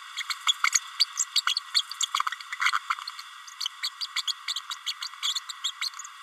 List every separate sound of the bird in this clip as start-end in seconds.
0.17-0.23, 0.29-0.34, 0.47-0.53, 0.63-0.67, 0.72-0.80, 0.99-1.05, 1.17-1.25, 1.46-1.54, 1.74-1.82, 2.00-2.05, 2.14-2.19, 2.52-2.56, 2.61-2.72, 2.89-2.94, 3.60-3.65, 3.82-3.89, 4.00-4.06, 4.16-4.22, 4.27-4.33, 4.70-4.75, 4.86-4.93, 5.22-5.34, 5.49-5.52, 5.64-5.71, 5.81-5.89